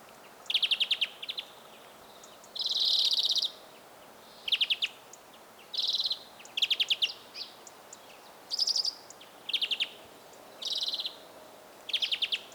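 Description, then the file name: European greenfinch calls: bursts of rapid ticking notes alternating with longer buzzy wheezes, repeated every second or two. "Chloris chloris"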